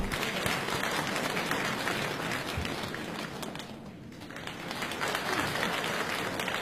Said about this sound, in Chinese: 那么下面呢，我们再请他们出来为大家表演他们的加演小段，大家 掌声有请两位。